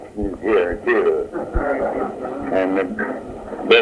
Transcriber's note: chuckling